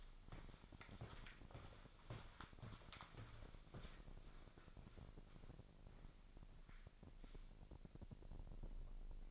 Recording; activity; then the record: daily activity, microphone in the room; walk to room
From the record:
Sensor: 5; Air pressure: 999.5 hPa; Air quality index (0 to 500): 219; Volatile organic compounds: 20 ppm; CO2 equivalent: 2681 ppm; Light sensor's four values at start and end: 32/73/30/29 and 35/81/32/31